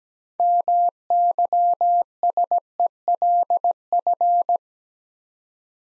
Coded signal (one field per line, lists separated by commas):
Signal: Morse code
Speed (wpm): 17 wpm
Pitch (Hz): 700 Hz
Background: none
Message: MYSELF